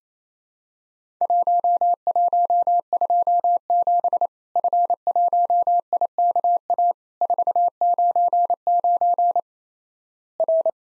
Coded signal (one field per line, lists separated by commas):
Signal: Morse code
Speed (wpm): 28 wpm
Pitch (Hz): 700 Hz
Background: none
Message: 1127 F1IKA 499 R